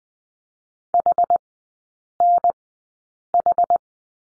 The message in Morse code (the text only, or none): HNH